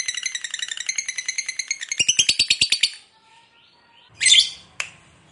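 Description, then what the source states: Lovebird chattering song, a rapid run of high harmonic chirps speeding into a buzzy trill, then a pause and two sharp shrieks. Fighter lovebird, described as gacor, singing energetically.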